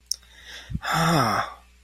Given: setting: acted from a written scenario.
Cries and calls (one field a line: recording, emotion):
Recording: vocal sound without words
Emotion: contentment